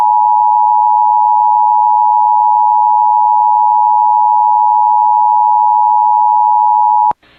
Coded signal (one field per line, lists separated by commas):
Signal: Emergency Alert System (SAME) tones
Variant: 853 and 960 Hz attention tone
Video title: [EAS] Continuation of Severe Thunderstorm Warning for Brainerd Lakes Area (9/12/25)